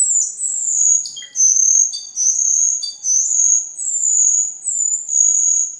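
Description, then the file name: Camperling song of high piercing whistles, drawn-out and wavering, repeated in quick succession with brief clipped notes between. "camperling omkicau"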